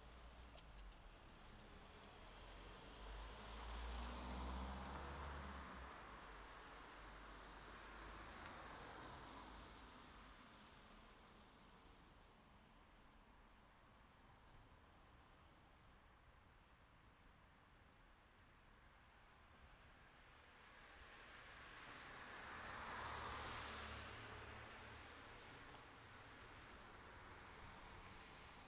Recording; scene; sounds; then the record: everyday scene through a hearing-aid microphone; in traffic; traffic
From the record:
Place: city secondary road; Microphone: in the ear canal, left